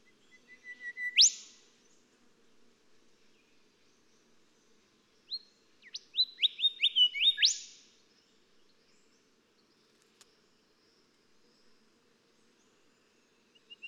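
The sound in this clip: Golden whistler song: an accelerating run of whistles ending in an upward whip, then a longer varied whistled phrase with another whip, over faint low background hum.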